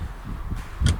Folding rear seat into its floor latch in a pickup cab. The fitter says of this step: make sure it locks into place and your duh is installed